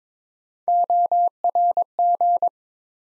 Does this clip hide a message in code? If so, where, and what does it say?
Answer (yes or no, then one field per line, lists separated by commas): yes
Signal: Morse code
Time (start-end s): 0.7-2.5 s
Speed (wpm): 21 wpm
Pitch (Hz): 700 Hz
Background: none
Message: ORG